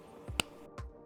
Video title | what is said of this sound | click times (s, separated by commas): Dellorto PHBL Carburetor - How to Rebuild - for Beginners | and then you can put the cover onto the filter and it also snaps in | 0.4 s